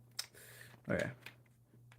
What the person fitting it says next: that locked into place.